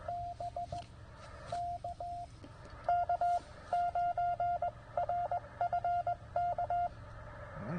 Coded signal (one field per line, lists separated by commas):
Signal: Morse code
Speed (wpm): 15 wpm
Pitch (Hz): 700 Hz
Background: none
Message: BK K9RFK